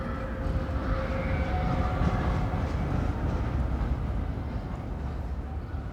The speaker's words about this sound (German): Nein! Nein, schrie ich in den Lärm der vorüberfahrenden Straßenbahn.